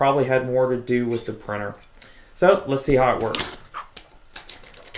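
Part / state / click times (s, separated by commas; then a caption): right game controller onto 3D-printed holder / seated / 4.5 s. A right game controller is slid onto a 3D-printed PLA holder rail and locks into place, seated with a sharp snap at about 4.5 seconds. Someone talks for the first few seconds, then a few small clicks and knocks come from the controller and holder near the end.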